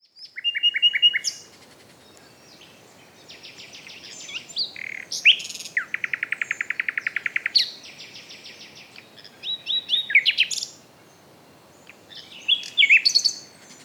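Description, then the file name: Common nightingale song with varied phrases: whistled notes, a long rapid buzzy trill, sharp rising and falling chirps, separated by short pauses over faint background hiss. "Luscinia megarhynchos"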